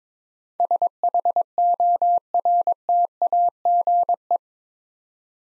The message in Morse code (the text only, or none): SHORTAGE